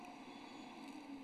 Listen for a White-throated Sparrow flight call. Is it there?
no